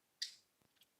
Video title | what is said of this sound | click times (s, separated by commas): Sunday Car Tune-Up Turns Into Major Repair! 🔧 Bad Alternator & Throttle Body (Live Wrenching!) | You'll hear it click when you push it down into place. | 0.2 s